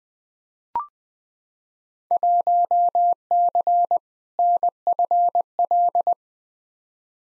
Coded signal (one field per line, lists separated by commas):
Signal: Morse code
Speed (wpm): 20 wpm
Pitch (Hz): 700 Hz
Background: none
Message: 1C NFL